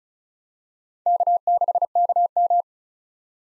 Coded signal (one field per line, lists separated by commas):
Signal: Morse code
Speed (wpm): 36 wpm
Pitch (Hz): 700 Hz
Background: none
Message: K6KM